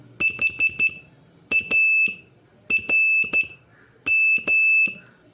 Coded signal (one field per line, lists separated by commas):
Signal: Morse code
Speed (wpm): 12 wpm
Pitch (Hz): 2650 Hz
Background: none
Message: HARM